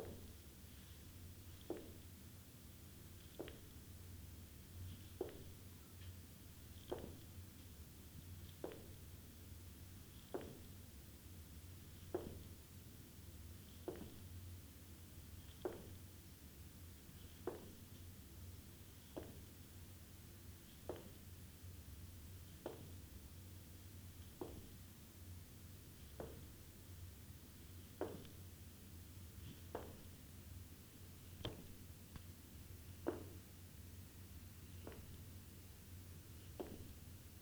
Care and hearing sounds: daily activity, guitar pickup as the sensor; jump

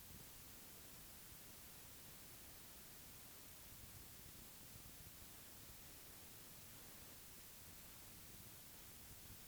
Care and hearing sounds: daily activity, guitar pickup as the sensor; lie down

